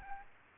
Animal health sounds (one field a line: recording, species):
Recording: mosquito wingbeat signal from an infrared sensor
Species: Aedes aegypti